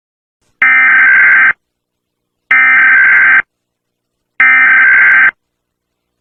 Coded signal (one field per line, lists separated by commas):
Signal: Emergency Alert System (SAME) tones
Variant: header bursts